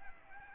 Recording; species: mosquito wingbeat signal from an infrared sensor; Aedes aegypti